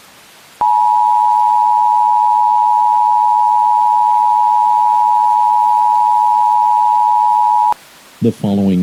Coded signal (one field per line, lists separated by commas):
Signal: Emergency Alert System (SAME) tones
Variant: 853 and 960 Hz attention tone